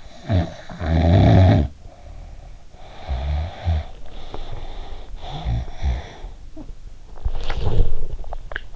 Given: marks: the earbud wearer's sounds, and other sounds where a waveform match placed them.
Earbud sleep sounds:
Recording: sounds in sleep by an in-ear microphone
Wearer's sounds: snoring breath, body movement, teeth grinding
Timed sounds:
0.18-1.72 s: snoring breath
2.68-5.07 s: snoring breath
5.21-6.35 s: snoring breath
6.50-8.65 s: body movement
8.28-8.76 s: teeth grinding

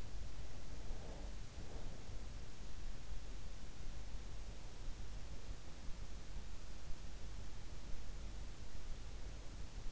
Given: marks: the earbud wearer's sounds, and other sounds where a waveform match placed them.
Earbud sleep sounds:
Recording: sounds in sleep by an in-ear microphone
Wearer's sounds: breath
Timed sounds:
0.00-2.76 s: breath

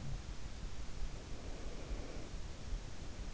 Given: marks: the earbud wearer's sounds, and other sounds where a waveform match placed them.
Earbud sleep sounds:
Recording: sounds in sleep by an in-ear microphone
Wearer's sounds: breath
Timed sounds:
1.15-3.03 s: breath

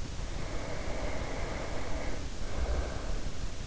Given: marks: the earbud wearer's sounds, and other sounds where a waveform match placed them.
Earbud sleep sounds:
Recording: sounds in sleep by an in-ear microphone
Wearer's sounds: breath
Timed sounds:
0.19-3.57 s: breath

